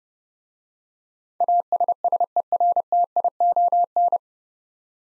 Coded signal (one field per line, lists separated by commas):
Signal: Morse code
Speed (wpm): 30 wpm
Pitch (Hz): 700 Hz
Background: none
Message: ASSERTION